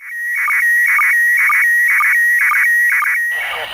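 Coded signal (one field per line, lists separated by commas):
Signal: SSTV (slow-scan television)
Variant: PD 120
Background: speech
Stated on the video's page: ISS SSTV received on 145.800 MHz FM over Europe.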